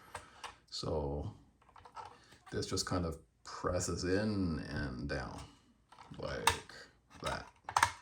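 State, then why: Not seated. Someone talks while pressing a plastic gas tank holder in and down into the rear bumper mount of a WPL C24 RC truck bumper kit, with light plastic handling taps between the speech and a few sharper taps near the end. The clip ends before the holder goes home, so nothing has seated or clicked yet.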